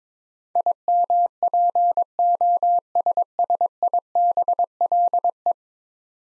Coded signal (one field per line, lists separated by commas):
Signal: Morse code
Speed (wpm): 21 wpm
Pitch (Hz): 700 Hz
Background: none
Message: IMPOSSIBLE